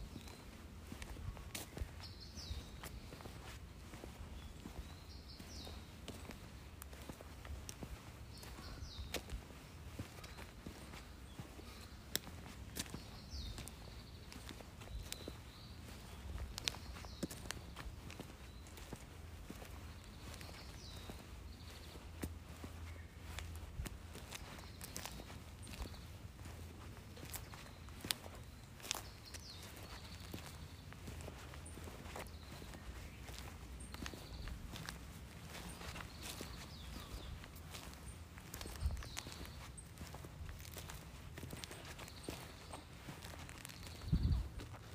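Footsteps tread steadily through the woods, a continuous crunch and shuffle of fairly quick, regular steps running the whole time. Bird calls chirp faintly above, coming and going every few seconds, over a low rumble, with a sharper knock near the end.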